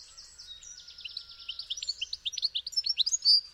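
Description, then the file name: European goldfinch giving a dense run of bright, tinkling twitters that grow louder toward the end. "Carduelis carduelis"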